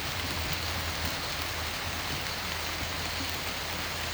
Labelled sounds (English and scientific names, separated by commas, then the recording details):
none
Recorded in pastures near Puerto Asís, Putumayo, Colombia, on 22 December 2024 at 18:00
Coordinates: 0.472, -76.329
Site G072